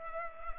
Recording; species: mosquito wingbeat signal from an infrared sensor; Culex pipiens